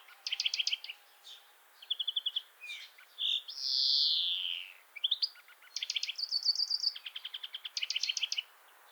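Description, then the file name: European greenfinch song: quick trilled bursts and chirps, a loud, long, buzzy wheeze in the middle, then more rapid trills. "Chloris chloris"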